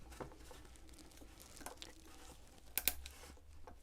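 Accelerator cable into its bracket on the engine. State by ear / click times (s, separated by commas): seated / 2.8 s, 2.9 s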